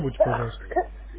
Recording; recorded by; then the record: voluntary cough; telephone call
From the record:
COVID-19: positive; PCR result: checked with the laboratory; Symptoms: no